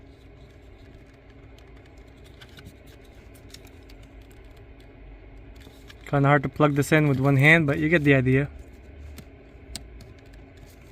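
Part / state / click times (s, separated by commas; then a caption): T-harness connector into vehicle wiring plug / seated / 9.8 s. Someone talks from about 6.1 to 8.5 seconds while a second plastic T-harness connector for a remote start add-on is pushed one-handed into its vehicle wiring plug on a push-to-start Subaru Ascent. Faint ticks and handling noises come before and after. A sharp click at 9.8 seconds marks the connector snapping home and seating.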